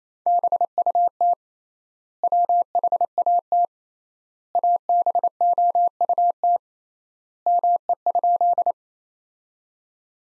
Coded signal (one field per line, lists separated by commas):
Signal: Morse code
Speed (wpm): 28 wpm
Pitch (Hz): 700 Hz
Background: none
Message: BUT WHAT ABOUT ME?